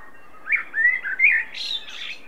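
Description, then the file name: Common blackbird song phrase: a few mellow, warbled whistles, then a short squeaky, higher twitter at the end. "Turdus merula"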